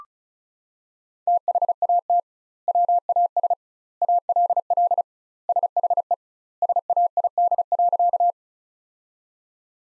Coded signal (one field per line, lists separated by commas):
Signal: Morse code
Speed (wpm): 34 wpm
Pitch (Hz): 700 Hz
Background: none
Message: THAT WAS ALL SHE SAID.